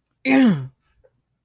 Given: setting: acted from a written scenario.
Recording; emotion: vocal sound without words; triumph